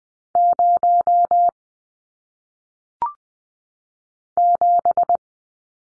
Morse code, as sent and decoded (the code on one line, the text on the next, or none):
----- / --...
0 7